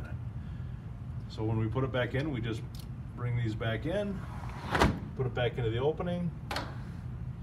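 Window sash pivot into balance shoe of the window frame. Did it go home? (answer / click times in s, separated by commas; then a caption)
yes / 6.5 s. The tilted sash of a double-hung window is put back into the opening and pressed down while someone talks. Its pivot engages the block-and-tackle balance shoe in the window frame with a click at 6.5 s, and the sash is seated.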